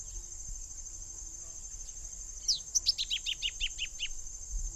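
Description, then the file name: Masked yellowthroat singing a quick series of about eight sharp, descending whistled notes, over a continuous high-pitched insect buzz. "Geothlypisaequinoctialis"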